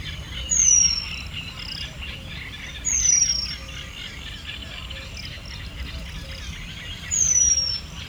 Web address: allathangok hortobagyinemzetipark 2013. fuggocinege kakukk hosszantartoanfuggocinege esmasok 2013 majus 02